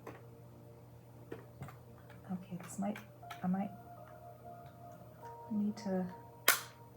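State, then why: Seated. Small plastic building-brick parts are pushed into a toy claw machine model while someone talks, with soft handling taps along the way. A sharp, loud snap at 6.5 s marks the bricks seating into place.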